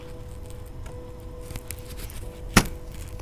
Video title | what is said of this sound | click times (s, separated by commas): HPE ProLiant BL465c Gen 8 Server Memory Support Overview & Upgrade Tips - How to Install & Configure | you hear that little click that's to let you know that it's it's been inserted properly so | 2.6 s